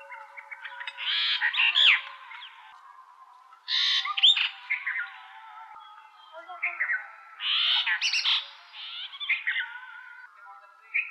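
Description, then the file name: Brahminy starling song of grating, bubbly phrases and quick whistled notes, delivered in uneven bursts with softer chattering between them. "jalak brahmini"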